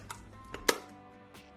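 The hinged back door of an all-mechanical Nikon FM 35 mm film camera is closed after the film is loaded and pressed against the camera body until it latches. Two soft ticks at 0.1 s and 0.5 s come before one sharp, loud click at 0.7 s over a faint steady tonal background. The click at 0.7 s is the latch, and the back door is shut and seated.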